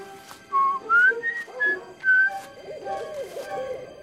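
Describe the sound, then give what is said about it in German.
A man whistles a short, bright tune of several clear notes rising and falling, with a soft rumbling murmur underneath and no speech. “Jetzt pfeift er.”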